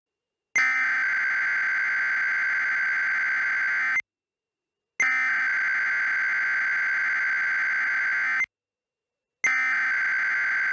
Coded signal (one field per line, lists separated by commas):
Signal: Emergency Alert System (SAME) tones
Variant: header bursts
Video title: EAS What if #6: A CEM with almost all the Jefferson's